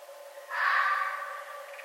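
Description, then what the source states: Red fox giving one rough, hoarse cry that begins abruptly and slowly fades, against a low steady hum. Recorded 11 November 2011.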